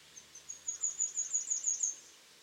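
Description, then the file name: Great tit call, a rapid run of sharp, very high-pitched notes that gets louder through the middle and fades away. "Parus major"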